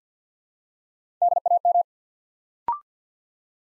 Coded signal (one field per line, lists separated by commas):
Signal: Morse code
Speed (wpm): 50 wpm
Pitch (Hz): 700 Hz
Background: none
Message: DAM